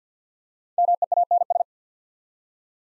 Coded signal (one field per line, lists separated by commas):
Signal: Morse code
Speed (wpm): 48 wpm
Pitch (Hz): 700 Hz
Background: none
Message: MEANS